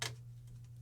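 A glass locking-base vacuum tube is bent toward the dimple on its side, freeing it from its locking tube socket, and it pops out with a sharp click at 0.1 s. A steady low hum runs underneath, with a faint tick near 0.8 s. The tube is released from the socket.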